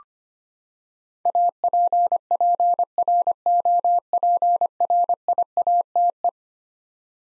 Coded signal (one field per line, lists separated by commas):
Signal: Morse code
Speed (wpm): 25 wpm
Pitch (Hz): 700 Hz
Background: none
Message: APPROPRIATE